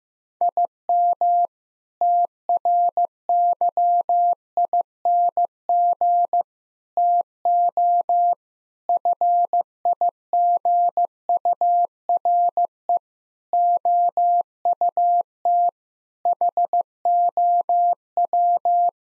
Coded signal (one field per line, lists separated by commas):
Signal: Morse code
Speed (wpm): 15 wpm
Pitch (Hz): 700 Hz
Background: none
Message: IM TRYING TO FIGURE OUT HOW